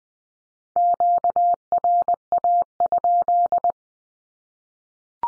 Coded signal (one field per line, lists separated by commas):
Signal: Morse code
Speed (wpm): 20 wpm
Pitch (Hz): 700 Hz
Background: none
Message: QRA?